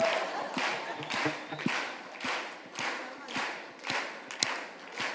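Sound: people clapping along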